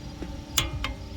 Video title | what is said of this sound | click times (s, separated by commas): BMW M340 EXTENDED STUDS AND SPACER INSTALL | Once you hear that little click, listen, | 0.6 s